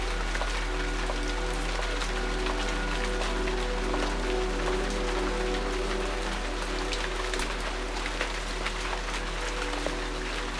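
Rain falls steadily on leaves, a dense patter with frequent small bright drop ticks throughout. Soft sustained music tones hold and shift gently underneath, and a low constant hum runs beneath everything at an even level.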